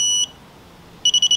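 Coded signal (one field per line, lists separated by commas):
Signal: beep code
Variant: airsoft electronic trigger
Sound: a high steady beep ending, a pause, then four quick short high beeps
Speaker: eight beeps which means this is default so that's semi full auto which is what it is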